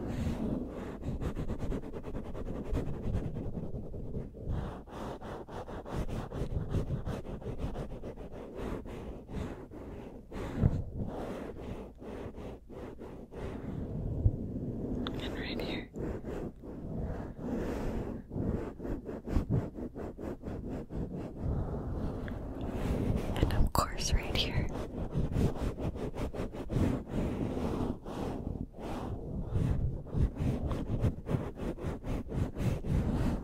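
Fast scratching and rubbing of a head massage on the mic, dense low thumping throughout, with brief brighter squeaks near 15 and 24 seconds.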